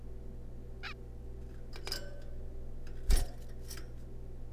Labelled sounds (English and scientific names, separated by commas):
Zebra Finch (Taeniopygia guttata)